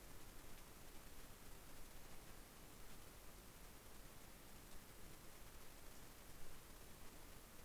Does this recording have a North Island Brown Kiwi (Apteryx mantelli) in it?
no